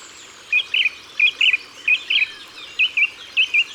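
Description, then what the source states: Song thrush repeating a short warbled double note three times, then a slightly altered version twice. Ardèche, France.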